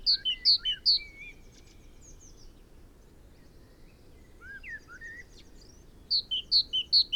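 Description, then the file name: Great tit call: a quick run of alternating high-low whistles, then a long gap with soft lower warbling, then another run of alternating notes. "Parus major"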